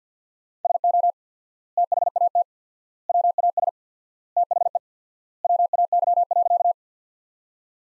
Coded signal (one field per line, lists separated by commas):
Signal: Morse code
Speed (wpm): 50 wpm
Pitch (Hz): 700 Hz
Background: none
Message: SO THAT WAS THE WAY.